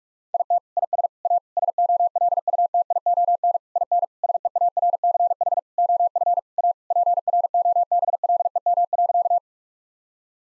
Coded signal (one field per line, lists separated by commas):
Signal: Morse code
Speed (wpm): 46 wpm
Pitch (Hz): 700 Hz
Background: none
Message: IT IS A SOLUTION IN SEARCH OF A PROBLEM.